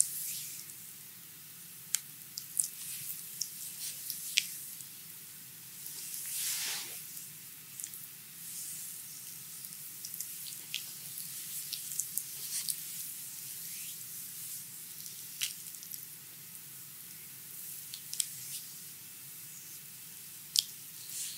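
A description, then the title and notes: Hawaiian lomi lomi massage: a steady, bright hiss of rubbing runs throughout over a low, even hum, dotted with sharp little clicks and wet smacks every second or so. Around the seventh second, a longer swishing stroke swells and fades. ASMR Hawaiian lomi lomi massage.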